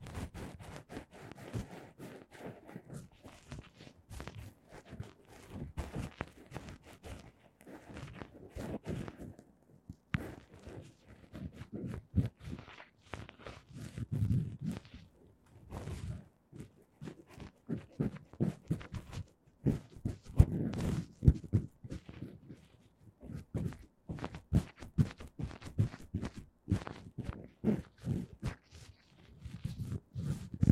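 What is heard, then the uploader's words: Ear cleaning: a constant flurry of sharp scratches, crackles and soft rubbing, packed densely and irregularly across the whole half minute. Muffled low thumps and swells come and go beneath, and a quiet steady hum sits in the background. Tascam 耳掃除 | Tascam Ear Cleaning | NO Talking.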